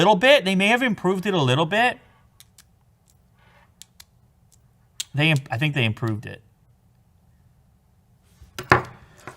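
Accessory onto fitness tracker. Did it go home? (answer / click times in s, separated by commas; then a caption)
yes / 8.6 s, 8.7 s. Someone talks, then fits a part onto an Apple Watch Series 6 fitness tracker using their own technique, and it clicks into place with two sharp hits at 8.6 s and 8.7 s. The part is seated, and the click is judged improved but still less satisfying than on the other tracker.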